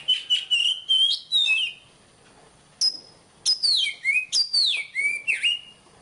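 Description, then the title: Magpie-robin song: a run of whistled notes, a pause, then a string of sharp, downward-sliding whistles. National champion competition bird, singing constantly in sharp shooting and rolling styles, with seven song types every three minutes. "Kacer Poci Gacor Nembak Dan Ngerol Juara Nasional. 7 macam suara kacer setiap 3 menit"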